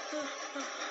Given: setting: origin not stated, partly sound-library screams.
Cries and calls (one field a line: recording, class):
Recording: one-second piece from a danger detection set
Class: woman in danger